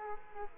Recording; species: mosquito wingbeat signal from an infrared sensor; Aedes aegypti